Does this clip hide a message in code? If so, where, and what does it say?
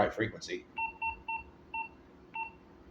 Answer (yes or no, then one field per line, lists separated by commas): no